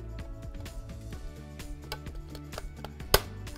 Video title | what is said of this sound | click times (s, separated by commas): How To Repair A VHSC Tape | There, you heard it click. Everything is clicked in. | 3.1 s